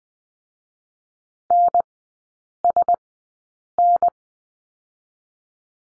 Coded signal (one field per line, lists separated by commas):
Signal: Morse code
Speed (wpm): 20 wpm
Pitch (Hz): 700 Hz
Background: none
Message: N S N